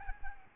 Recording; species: mosquito wingbeat signal from an infrared sensor; Aedes albopictus